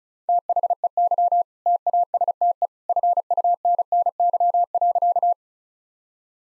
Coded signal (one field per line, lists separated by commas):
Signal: Morse code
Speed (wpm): 34 wpm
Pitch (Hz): 700 Hz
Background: none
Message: THEY TASTE FUNNY.